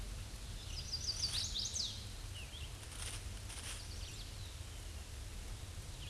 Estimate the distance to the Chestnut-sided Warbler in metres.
about 25 m